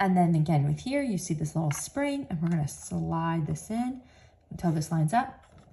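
A spring-loaded cutter blade assembly is slid into a Brother PT-D220 P-touch label printer against its little spring until it lines up, while someone talks throughout. The part is handled but not yet home; nothing has seated or clicked yet.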